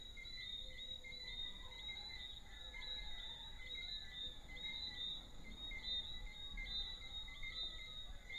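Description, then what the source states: Frogs: small frogs call steadily, their high chirps and whistles overlapping into a constant chorus with no other clear sound. Small frogs in an early evening soundscape at Deshaies, Guadeloupe, recorded on 19 September 2019.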